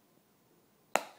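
The second end cap of a plastic grinder is pressed onto the grinder body and snaps shut with a single sharp click at 1.0 s, after near silence. The click leaves a short ringing decay, and the cap is seated so the grinder is airtight.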